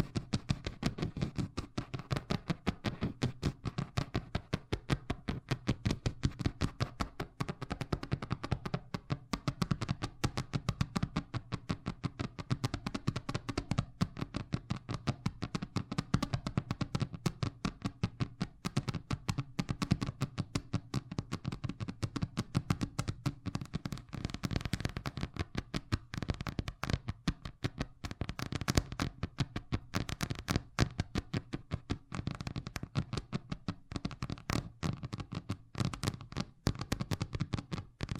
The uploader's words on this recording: ASMR Braingasm Inducing Fast Tapping (No Talking).